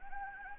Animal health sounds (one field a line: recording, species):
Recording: mosquito wingbeat signal from an infrared sensor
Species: Anopheles gambiae